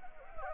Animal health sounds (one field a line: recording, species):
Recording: mosquito wingbeat signal from an infrared sensor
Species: Anopheles arabiensis